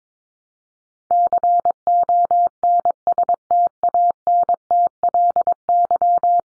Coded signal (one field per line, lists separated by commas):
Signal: Morse code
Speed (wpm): 22 wpm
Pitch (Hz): 700 Hz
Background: none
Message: CONSTANTLY